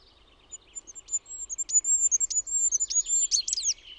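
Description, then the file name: Goldcrest singing a high, thin, rhythmic series of quick notes ending in a short twirling flourish. "HIPPIAINEN"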